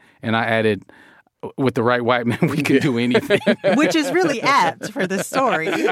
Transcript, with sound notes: And I added, with the right white man...
Yeah.
...We can do anything.
(LAUGHTER)
Which is really apt for the story.